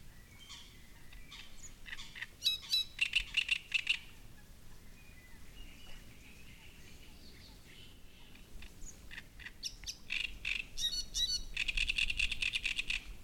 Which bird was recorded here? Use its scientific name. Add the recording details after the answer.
Acrocephalus arundinaceus. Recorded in the wild. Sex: male. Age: adult. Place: Müggelsee, Berlin, DE. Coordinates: 52.43, 13.64. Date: 1990-05-19 19:05. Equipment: Uher 4400 Report Monitor, Sennheiser ME 80, K 30 AV. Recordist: Fischer, Stefan